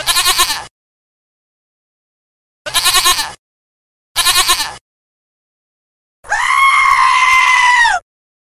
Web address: Goat